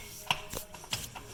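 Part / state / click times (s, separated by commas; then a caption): CV axle shaft into transmission differential / not seated / none. A CV axle shaft on a 2011/2018 Honda Odyssey is pushed into the transmission differential hole to seat its retaining spring clip, giving sharp knocks at about 0.3 s and 0.9 s and a softer one near 0.8 s. The axle has not seated and no click has been heard yet.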